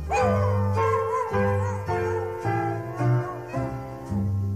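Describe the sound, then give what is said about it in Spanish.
A little dog with a toothache howls in pain, a wavering, whining cry that rises and falls in pitch, repeating over a steady rhythmic bed of music chords that change about every half second. “Al perrito le duele una muela.”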